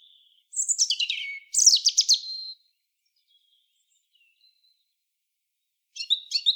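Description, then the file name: European robin singing a short phrase of descending, scratchy, tinkling notes, a long silence, then a new burst of rapid high notes. "Erithacus rubecula"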